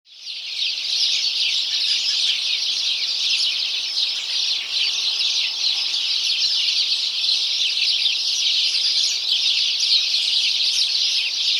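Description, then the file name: House sparrow flock chattering, countless rapid overlapping chirps rising in after the first half second and holding a constant busy wall of sound. "Passer domesticus"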